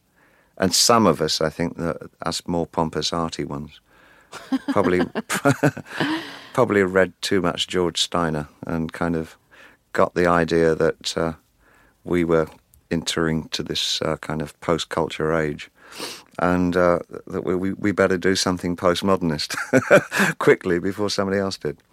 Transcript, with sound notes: And some of us, I think - us more pompous, arty ones...
(Laughter).
...Probably read too much George Steiner and kind of got the idea that we were entering to this kind of post-culture age and that we better do something post-modernist (laughter) quickly before somebody else did.